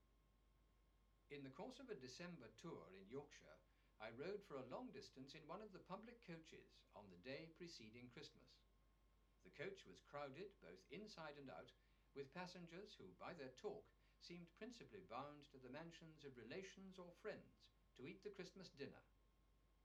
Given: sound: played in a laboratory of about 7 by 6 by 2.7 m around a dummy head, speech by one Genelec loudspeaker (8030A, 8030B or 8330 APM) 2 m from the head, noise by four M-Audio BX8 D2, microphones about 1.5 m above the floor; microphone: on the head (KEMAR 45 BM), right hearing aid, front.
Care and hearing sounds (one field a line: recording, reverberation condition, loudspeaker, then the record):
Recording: male speech in English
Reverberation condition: low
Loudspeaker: 60 degrees to the right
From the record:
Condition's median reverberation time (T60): about 310 ms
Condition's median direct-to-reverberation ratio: about 3.5 dB